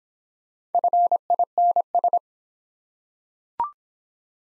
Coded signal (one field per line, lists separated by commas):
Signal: Morse code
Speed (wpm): 26 wpm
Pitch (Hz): 700 Hz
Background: none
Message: FINS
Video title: Easy Words - Speed-Racing with Hints - 20wpm